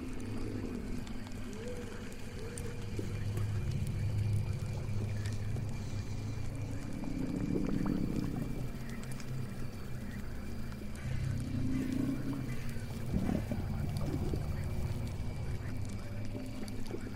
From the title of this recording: Witch's swamp house ambience